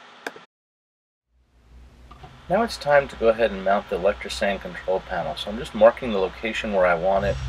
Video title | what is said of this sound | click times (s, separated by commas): Throw Back Video - How to install Electric Head in a Boat | push it down until you hear it snap and then you rotate each of the latches clockwise | 0.3 s